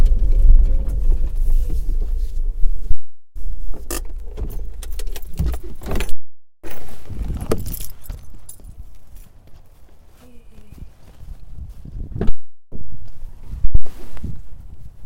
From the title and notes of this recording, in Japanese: 袋ガサ音 切り干し大根 干し台から回収。千切り大根が寒風にさらされ、カラカラに乾燥して切り干し大根の完成です！周りは冬枯れの畑。干し台から袋に回収します。